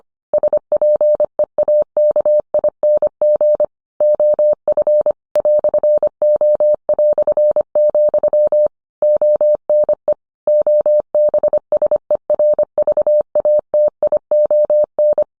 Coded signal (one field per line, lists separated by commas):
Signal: Morse code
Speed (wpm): 25 wpm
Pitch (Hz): 600 Hz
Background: none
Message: SPEAKING OF "O", ONE OBSERVATION